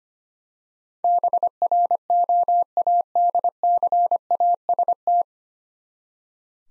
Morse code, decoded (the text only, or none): BROADCAST